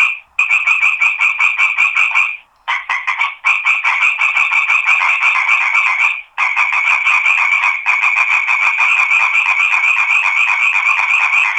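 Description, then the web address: Frog calling in rapid rattling pulse trains that stop briefly a few times, then run on continuously to the end. Crete, 2011–2012. "crete 2011-2012 audio sammakko"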